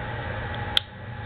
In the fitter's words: opens like this locks